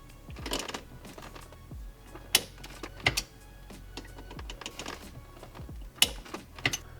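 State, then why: Seated. A newly installed parking brake handle in the center console of a BMW E53 X5 is pulled up, its ratchet catching and holding with muted ticks at 2.4, 3.1, 6.0 and 6.7 seconds. Because the gears were greased, the ratchet gives a suppressed sound rather than a sharp click, and the handle stays seated and holds.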